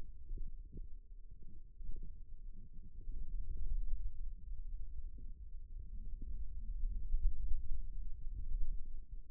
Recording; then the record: forearm muscle sounds (acoustic myography)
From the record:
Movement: ulnar deviation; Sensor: system 2, bracelet of six BSWA MPA416 microphones around the upper forearm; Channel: 3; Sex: male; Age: 22 years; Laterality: right